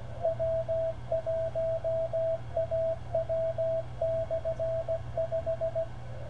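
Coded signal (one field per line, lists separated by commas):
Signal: Morse code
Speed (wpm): 17 wpm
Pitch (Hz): 660 Hz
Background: radio noise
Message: W1AW/5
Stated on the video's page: Morse signal received during a frequency measurement test with a software defined radio and GPS-disciplined reference.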